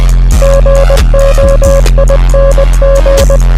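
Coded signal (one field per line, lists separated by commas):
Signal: Morse code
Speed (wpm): 20 wpm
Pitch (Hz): 550 Hz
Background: music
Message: GOING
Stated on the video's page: Song lyrics converted to Morse code with an online translator, with other song audio in the background.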